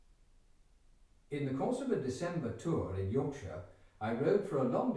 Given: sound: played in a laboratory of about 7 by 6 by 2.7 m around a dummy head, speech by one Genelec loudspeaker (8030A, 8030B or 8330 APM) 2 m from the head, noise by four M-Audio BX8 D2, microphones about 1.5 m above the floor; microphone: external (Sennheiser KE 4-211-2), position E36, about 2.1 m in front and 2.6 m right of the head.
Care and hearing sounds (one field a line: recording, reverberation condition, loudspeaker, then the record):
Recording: male speech in English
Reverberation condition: medium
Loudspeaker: 150 degrees to the right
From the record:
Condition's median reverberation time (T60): about 510 ms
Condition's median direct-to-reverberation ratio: about -0.5 dB